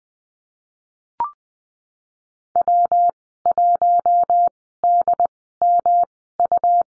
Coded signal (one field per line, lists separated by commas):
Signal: Morse code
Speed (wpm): 20 wpm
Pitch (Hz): 700 Hz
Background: none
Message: W1DMU